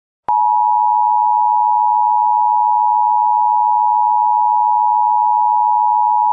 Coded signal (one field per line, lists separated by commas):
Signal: Emergency Alert System (SAME) tones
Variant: 853 and 960 Hz attention tone